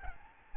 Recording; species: mosquito wingbeat signal from an infrared sensor; Aedes albopictus